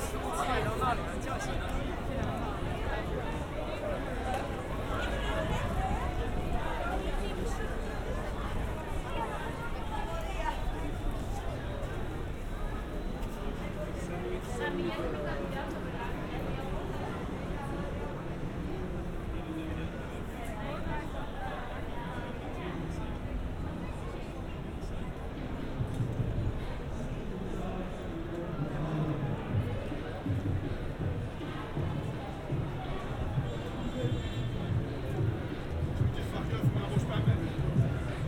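A Saturday night in London's busy West End: a dense, steady babble of many voices talking over one another, with a low rumble of traffic underneath. Loudness stays fairly even throughout, rising slightly with louder chatter near the end.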